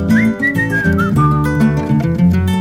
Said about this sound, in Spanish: Chiflidito pregunto de contento, yo silbo y contesto.